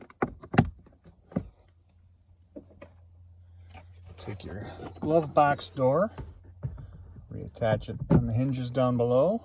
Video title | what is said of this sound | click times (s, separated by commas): 2017 Subaru Legacy Cabin Air Filter Replacement | make sure it clicks | 0.2 s, 0.6 s